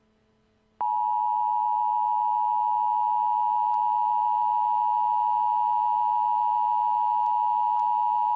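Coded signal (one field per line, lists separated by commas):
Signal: Emergency Alert System (SAME) tones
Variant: 853 and 960 Hz attention tone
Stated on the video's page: Fictional nuclear attack EAS scenario made for fun; the SAME tones may or may not be valid.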